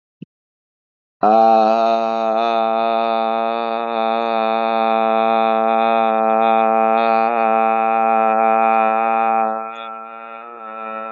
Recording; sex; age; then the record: vowel held as long as possible; male; 30 to 39 years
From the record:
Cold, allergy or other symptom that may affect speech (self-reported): no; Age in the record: 30 years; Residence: New York, United States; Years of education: 12